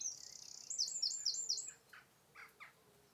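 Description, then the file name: Eurasian wren song fragment: a quick high trill and rattling notes, followed by a few lower chirps against faint background hiss. "Troglodytes troglodytes"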